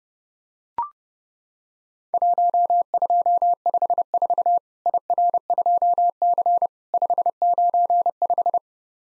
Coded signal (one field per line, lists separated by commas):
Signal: Morse code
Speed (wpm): 32 wpm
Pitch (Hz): 700 Hz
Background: none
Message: 1254 IR2C 595